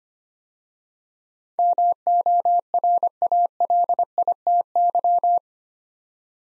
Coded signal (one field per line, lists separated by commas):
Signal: Morse code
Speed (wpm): 25 wpm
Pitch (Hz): 700 Hz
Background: none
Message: MORALITY